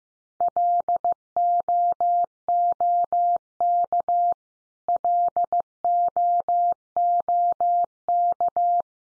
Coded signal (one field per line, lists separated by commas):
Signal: Morse code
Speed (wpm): 15 wpm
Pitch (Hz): 700 Hz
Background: none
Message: LOOK LOOK